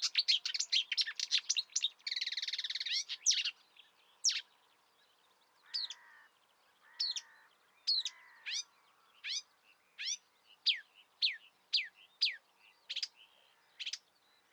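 Marsh warbler song, quick chatter and buzzy notes at first, then slower, repeated sharp descending whistles spaced under a second apart, with lower nasal notes between.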